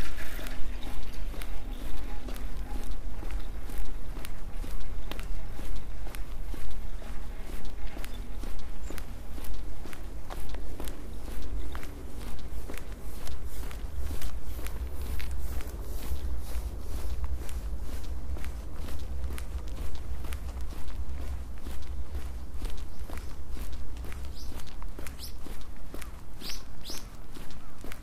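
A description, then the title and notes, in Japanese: Footsteps of someone walking, a steady run of crisp, closely spaced steps from start to finish at an even, brisk pace. A low rumble sits underneath throughout, and a few faint high chirps come in near the end. 歩いている音。Walking.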